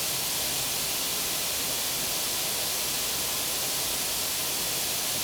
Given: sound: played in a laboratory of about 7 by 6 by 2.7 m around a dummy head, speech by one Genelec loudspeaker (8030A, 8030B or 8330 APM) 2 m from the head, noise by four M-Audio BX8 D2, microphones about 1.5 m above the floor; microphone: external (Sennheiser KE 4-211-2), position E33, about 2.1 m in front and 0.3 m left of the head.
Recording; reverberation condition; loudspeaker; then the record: white noise; medium; four, about 170 cm from the corners of the room and facing them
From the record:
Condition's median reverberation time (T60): about 510 ms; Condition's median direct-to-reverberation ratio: about -0.5 dB